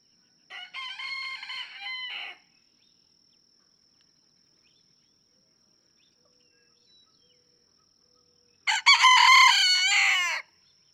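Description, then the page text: Red junglefowl (chicken): rooster crowing, two harsh multi-part cock-a-doodle-doo crows separated by about six seconds of quiet, the second louder and stronger. Several roosters in a barnyard just outside Mammoth Cave National Park, Kentucky, June 2, 2010; each rooster crows differently, individual crow variation. "Birdsong for the Curious Naturalist. Red junglefowl (chicken) No two roosters crow alike in this Kentucky barnyard. June 2, 2010. Just outside Mammoth Cave National Park, Kentucky"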